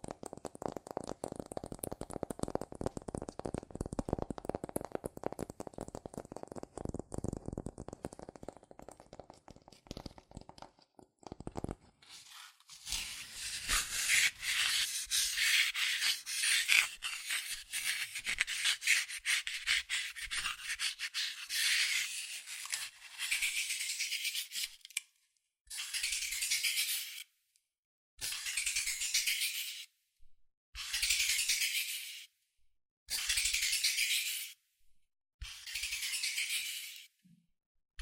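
Fast tapping on cardboard fills the first eleven seconds, a dense run of dull, low taps. Then comes bright, continuous scratching and tracing, and after about twenty-five seconds it breaks into separate strokes of roughly two seconds each, with short silences between.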